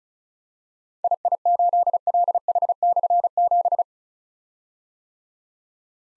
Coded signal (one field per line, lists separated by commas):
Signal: Morse code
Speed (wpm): 36 wpm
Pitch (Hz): 700 Hz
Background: none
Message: II8LH/7